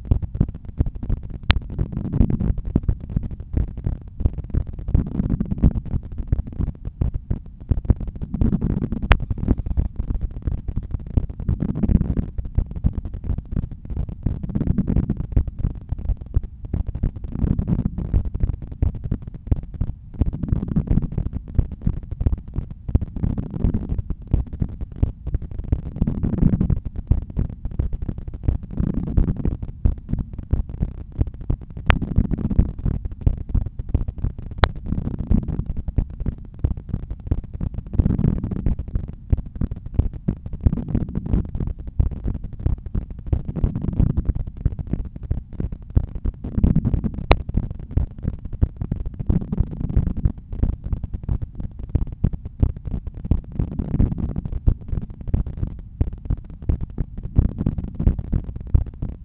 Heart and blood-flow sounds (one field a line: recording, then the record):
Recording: heart sounds by stethoscope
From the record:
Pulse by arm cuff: 88 bpm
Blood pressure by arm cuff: 124/83 mmHg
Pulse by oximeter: 88 bpm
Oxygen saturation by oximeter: 96%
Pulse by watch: 88 bpm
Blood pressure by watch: 116/77 mmHg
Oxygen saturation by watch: 97%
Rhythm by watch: sinus rhythm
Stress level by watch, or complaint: low stress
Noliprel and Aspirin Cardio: after pills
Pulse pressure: 41 mmHg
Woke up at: 6:55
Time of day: 19:43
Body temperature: 36.4 C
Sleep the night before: 7 h 39 min, score 71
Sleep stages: REM 24%, light 64%, deep 5%, awake 7%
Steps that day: 12000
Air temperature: 23 C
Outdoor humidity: 76%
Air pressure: 1008 hPa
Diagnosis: hypertension, treated with Noliprel and Aspirin Cardio 100 mg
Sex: male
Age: 53 years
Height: 174 cm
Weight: 81 kg